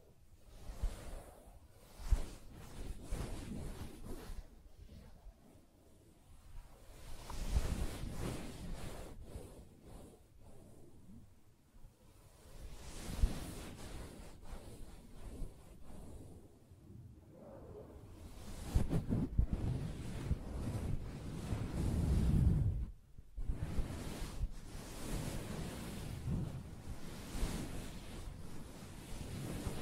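Fingers tap and scratch across a soft fabric surface, making a dense, rustling texture with muffled low thumps throughout. The scratching swells and fades in uneven waves, quieter around ten and sixteen seconds and busiest from about nineteen to twenty-three seconds.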